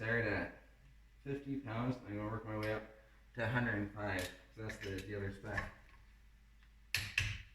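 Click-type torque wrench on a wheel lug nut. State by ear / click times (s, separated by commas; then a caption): torque reached / 6.9 s, 7.2 s. Someone talks while tightening a wheel lug nut with a click-type torque wrench set to 50 lb-ft for the first pass, working up to the 105 lb-ft dealer spec. Sharp release clicks sound at 7.0 s and 7.2 s, showing the wrench has reached its 50 lb-ft setting.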